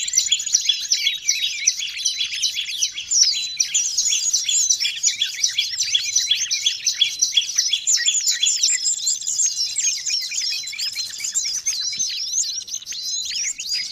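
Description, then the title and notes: Birds chirping in a dense, busy chorus of many overlapping high-pitched notes, rapid twittering and short sweeps running continuously throughout. Long-duration sound of noisy, chattering birds, used for bird training and as a lure for trapping. "Master Burung Ribut Durasi Panjang. Burung Ribut Pikat"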